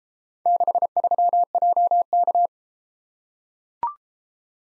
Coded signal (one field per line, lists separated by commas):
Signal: Morse code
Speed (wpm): 32 wpm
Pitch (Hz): 700 Hz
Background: none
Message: 63JK